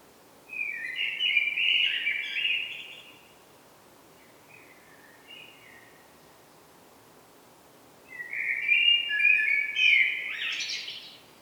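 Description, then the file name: Common blackbird song: two fluted, warbling phrases several seconds apart, the second finishing in a squeaky high twitter, with faint soft notes between them. "Turdus merula"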